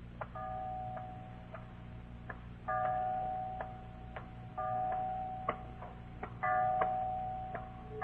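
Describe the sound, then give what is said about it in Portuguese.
A clock strikes midnight in several ringing, sustained chimes spaced a couple of seconds apart, with steady sharp ticking clicks running beneath and between the tones. “O relógio bateu meia-noite.”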